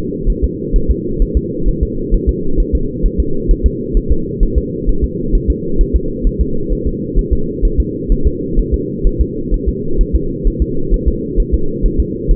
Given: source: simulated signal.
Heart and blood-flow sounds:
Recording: fetal heart sounds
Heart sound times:
0.30 s: S1
0.44 s: S2
0.76 s: S1
0.91 s: S2
1.22 s: S1
1.37 s: S2
1.68 s: S1
1.83 s: S2
2.14 s: S1
2.29 s: S2
2.60 s: S1
2.75 s: S2
3.06 s: S1
3.20 s: S2
3.51 s: S1
3.66 s: S2
3.97 s: S1
4.12 s: S2
4.43 s: S1
4.58 s: S2
4.89 s: S1
5.04 s: S2
5.35 s: S1
5.50 s: S2
5.81 s: S1
5.96 s: S2
6.27 s: S1
6.41 s: S2
6.72 s: S1
6.87 s: S2
7.19 s: S1
7.33 s: S2
7.65 s: S1
7.80 s: S2
8.12 s: S1
8.27 s: S2
8.59 s: S1
8.74 s: S2
9.07 s: S1
9.21 s: S2
9.54 s: S1
9.68 s: S2
10.01 s: S1
10.16 s: S2
10.47 s: S1
10.62 s: S2
10.94 s: S1
11.08 s: S2
11.40 s: S1
11.54 s: S2
11.86 s: S1
12.00 s: S2
12.31 s: S1
From the record:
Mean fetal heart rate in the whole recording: 130 bpm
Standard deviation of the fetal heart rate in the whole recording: 2 bpm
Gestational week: 38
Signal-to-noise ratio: -8.1 dB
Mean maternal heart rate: 72 bpm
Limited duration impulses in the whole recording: absent

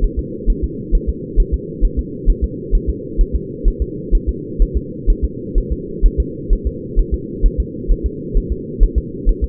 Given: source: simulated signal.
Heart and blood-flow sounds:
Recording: fetal heart sounds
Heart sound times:
0.04 s: S1
0.19 s: S2
0.50 s: S1
0.64 s: S2
0.95 s: S1
1.09 s: S2
1.40 s: S1
1.54 s: S2
1.85 s: S1
1.99 s: S2
2.30 s: S1
2.44 s: S2
2.75 s: S1
2.89 s: S2
3.21 s: S1
3.35 s: S2
3.68 s: S1
3.82 s: S2
4.15 s: S1
4.29 s: S2
4.62 s: S1
4.77 s: S2
5.10 s: S1
5.24 s: S2
5.58 s: S1
5.72 s: S2
6.06 s: S1
6.20 s: S2
6.53 s: S1
6.67 s: S2
7.00 s: S1
7.14 s: S2
7.46 s: S1
7.60 s: S2
7.91 s: S1
8.06 s: S2
8.37 s: S1
8.52 s: S2
8.83 s: S1
8.98 s: S2
9.29 s: S1
9.44 s: S2
From the record:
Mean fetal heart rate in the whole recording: 130 bpm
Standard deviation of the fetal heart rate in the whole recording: 4 bpm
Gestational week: 38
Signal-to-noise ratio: -4.1 dB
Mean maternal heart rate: no maternal heart sound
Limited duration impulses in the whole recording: absent

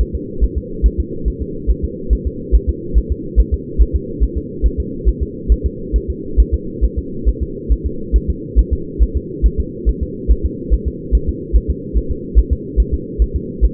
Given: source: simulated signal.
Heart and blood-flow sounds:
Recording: fetal heart sounds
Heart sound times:
0.01 s: S1
0.15 s: S2
0.44 s: S1
0.58 s: S2
0.86 s: S1
1.00 s: S2
1.28 s: S1
1.42 s: S2
1.70 s: S1
1.84 s: S2
2.13 s: S1
2.27 s: S2
2.55 s: S1
2.69 s: S2
2.98 s: S1
3.12 s: S2
3.40 s: S1
3.54 s: S2
3.81 s: S1
3.95 s: S2
4.23 s: S1
4.37 s: S2
4.66 s: S1
4.80 s: S2
5.08 s: S1
5.22 s: S2
5.52 s: S1
5.66 s: S2
5.96 s: S1
6.10 s: S2
6.40 s: S1
6.54 s: S2
6.84 s: S1
6.98 s: S2
7.29 s: S1
7.42 s: S2
7.72 s: S1
7.86 s: S2
8.16 s: S1
8.30 s: S2
8.59 s: S1
8.73 s: S2
9.03 s: S1
9.17 s: S2
9.46 s: S1
9.60 s: S2
9.89 s: S1
10.03 s: S2
10.31 s: S1
10.45 s: S2
10.73 s: S1
10.88 s: S2
11.15 s: S1
11.29 s: S2
11.56 s: S1
11.70 s: S2
11.97 s: S1
12.11 s: S2
12.39 s: S1
12.53 s: S2
12.80 s: S1
12.94 s: S2
13.22 s: S1
13.36 s: S2
13.64 s: S1
From the record:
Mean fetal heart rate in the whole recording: 140 bpm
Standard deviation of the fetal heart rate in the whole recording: 2 bpm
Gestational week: 34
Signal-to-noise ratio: -4.3 dB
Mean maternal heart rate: 72 bpm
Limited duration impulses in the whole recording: absent

